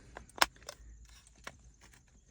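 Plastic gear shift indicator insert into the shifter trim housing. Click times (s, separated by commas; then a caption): 0.4 s. A replacement plastic 2WD gear shift indicator insert for a third-generation 4Runner SUV is pushed into its mating plastic holder in the center console shifter trim housing. A few faint ticks and rustles surround one sharp, loud snap at 0.4 s. The snap marks the indicator piece seating in the housing.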